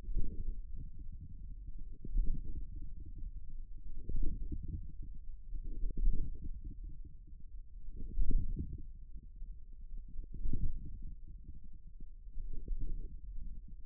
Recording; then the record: forearm muscle sounds (acoustic myography)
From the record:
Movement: radial deviation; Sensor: system 1, eight BSWA MPA416 microphones around the upper forearm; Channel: 8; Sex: male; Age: 41 years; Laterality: right